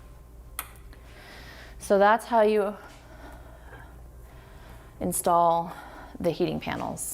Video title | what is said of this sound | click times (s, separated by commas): 160433 Setup | push forward until it locks in place | 0.6 s